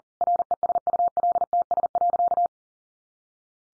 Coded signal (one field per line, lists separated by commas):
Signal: Morse code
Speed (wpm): 40 wpm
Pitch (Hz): 700 Hz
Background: none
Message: RESULTS.